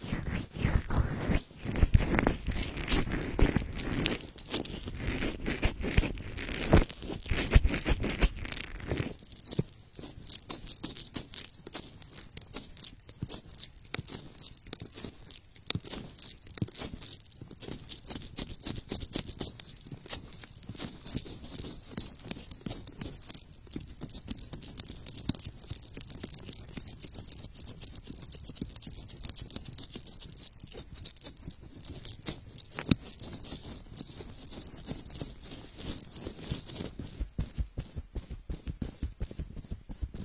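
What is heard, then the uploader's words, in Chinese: An ear massage: dense, crunchy rubbing and scratching fills the first nine seconds, loud and full. After that it drops to softer, finer crackling with a thin hiss on top, broken by occasional sharper pops and scrapes, such as around 23 and 33 seconds. 耳朵按摩。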